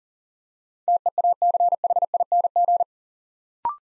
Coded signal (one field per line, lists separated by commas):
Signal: Morse code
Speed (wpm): 41 wpm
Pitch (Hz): 700 Hz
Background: none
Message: TEACHING